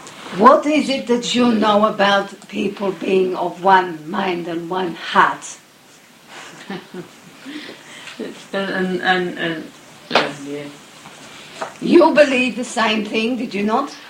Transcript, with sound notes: What is it that you know about people being of one mind and of one heart? (laughter from the other person referred to earlier, whom now addresses) You believed the same thing, did you not?